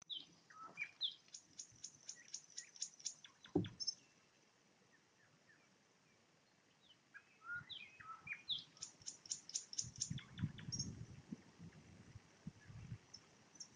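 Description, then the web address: Nightingale song: fast series of repeated sharp notes and whistles, a few seconds of quiet, then another rapid repeated phrase over low rumble. Recorded with a parabolic microphone in Poland. "nagranie na paraboloid spiew slowika"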